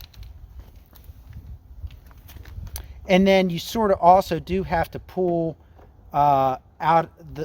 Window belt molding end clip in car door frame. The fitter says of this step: at the end there there did you hear that click